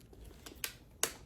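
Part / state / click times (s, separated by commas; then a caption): vacuum sealer lid latching onto base with bag / seated / 1.0 s. A bag is placed in an MDHAND vacuum sealer and the lid is pressed down until the easy-lock handle latches onto the base, clamping the bag. A sharp snap at 0.6 s is followed by the loud main click at 1.0 s, with only faint ticks around them. The lid is latched closed and seated.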